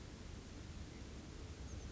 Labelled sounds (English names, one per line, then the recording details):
Oak Titmouse
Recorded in Sonoma County, California